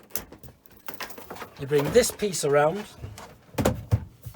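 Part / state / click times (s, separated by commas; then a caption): folding shower partition panel into its wall latch / seated / 3.7 s. In the washroom of a 2021 Carthago Malibu Van 640 GT motorhome, a folding shower partition panel is swung around into its wall latch while someone talks. Light knocks and rattles come before the panel locks into place with a click at 3.7 s, closing off a shower cubicle.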